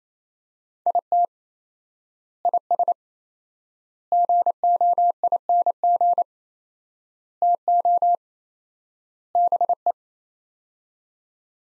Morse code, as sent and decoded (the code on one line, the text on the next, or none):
.. - / .. ... / --. --- .. -. --. / - --- / -... .
IT IS GOING TO BE